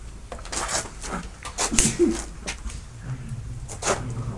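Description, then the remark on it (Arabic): Someone sneezes once during an Arabic grammar lesson, a sharp breathy burst rising above soft rustling and scattered faint noises, with no one speaking. “رحمك الله، جامد ومتصرف.”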